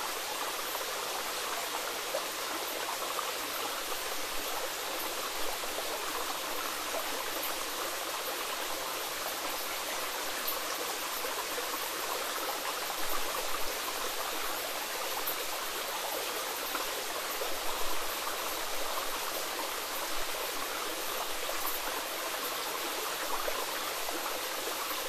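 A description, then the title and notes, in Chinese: A mountain spring runs steadily, its water making a dense, even rush with a bright, hissing top and little low rumble. The flow stays constant across the whole stretch, with faint quick splashes and droplet ticks scattered through it and no other sounds intruding. 山泉叮咚。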